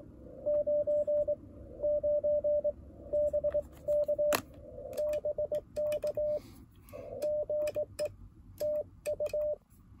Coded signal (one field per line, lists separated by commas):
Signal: Morse code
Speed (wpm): 19 wpm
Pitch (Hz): 600 Hz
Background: radio noise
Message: 9 9 BK BK GE TU